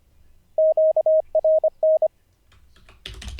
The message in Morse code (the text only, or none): QRN